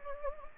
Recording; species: mosquito wingbeat signal from an infrared sensor; Anopheles gambiae